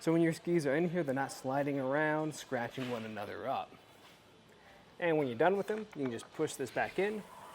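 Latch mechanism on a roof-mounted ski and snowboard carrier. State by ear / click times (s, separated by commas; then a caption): not seated / none. Someone talks while handling the latch mechanism of a Kuat Grip roof-mounted ski and snowboard carrier with rubber teeth inside, on a 2022 Toyota 4Runner, getting ready to push the release back in after the skis are removed. Only speech is heard, with a quiet pause in the middle. Nothing has seated or clicked yet.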